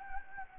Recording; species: mosquito wingbeat signal from an infrared sensor; Anopheles gambiae